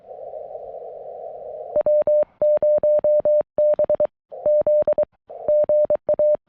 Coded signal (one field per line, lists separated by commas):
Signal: Morse code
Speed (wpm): 20 wpm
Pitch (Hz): 590 Hz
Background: none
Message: W0BZ GA